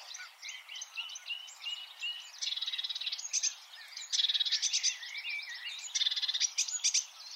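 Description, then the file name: Marsh warbler singing a dense, hurried mix of chattering notes and rattling buzzy trills, with a few short whistles between bursts. "suara kicauan burung marsh warbler. omkicau"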